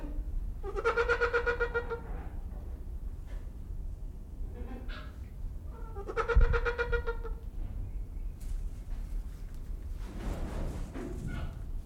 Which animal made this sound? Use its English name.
Trumpeter Hornbill